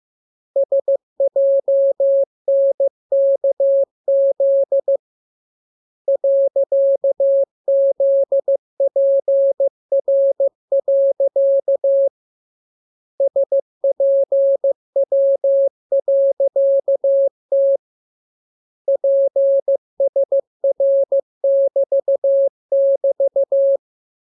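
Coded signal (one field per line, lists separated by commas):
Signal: Morse code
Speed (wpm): 15 wpm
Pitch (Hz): 550 Hz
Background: none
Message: SJNKZ .ZPR. SPW.T PSR<BT><BT>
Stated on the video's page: Morse lesson 16 drill of letters KMURESNAPTLWI.JZ=, radiograms preceded by VVV and section sign, ended with AR.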